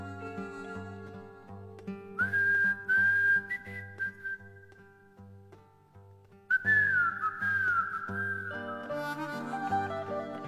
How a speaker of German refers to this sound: sie hatten als geheimes Erkennungszeichen einen Pfiff. Den Refrain eines alten Soldatenliedes, das damals gebrüllt wurde und heute immer noch gebrüllt wird, aber die letzten Töne, die wurden quer gepfiffen.